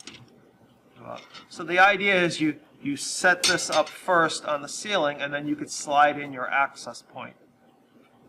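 Short ticks at 0.0 s and 0.07 s as the small plastic locking tab on an Aruba 735 Series access point's ceiling mount bracket is pulled back out to loosen it. The tab clicks open and the bracket is released, then someone talks.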